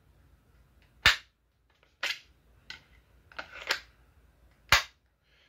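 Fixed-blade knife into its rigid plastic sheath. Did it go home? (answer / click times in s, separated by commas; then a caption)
yes / 1.1 s, 4.7 s. A Laser Strike fixed-blade knife is pushed into its rigid plastic sheath and snaps in with sharp, bright clicks at 1.1 and 4.7 seconds, unlike the Duclaw, which gives no click. Softer scraping and rattling handling sounds come between them around 2.0 to 3.7 seconds. Both times the knife seats firmly in the sheath.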